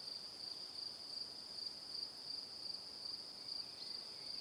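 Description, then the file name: Continuous high cricket trilling, unbroken and even, over a soft hiss. "Calm - Evening Crickets"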